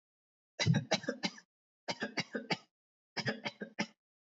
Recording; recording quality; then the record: shallow voluntary cough; excellent, no background noise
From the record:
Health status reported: healthy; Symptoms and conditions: none ticked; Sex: male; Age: 25 years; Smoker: not ticked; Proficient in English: yes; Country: India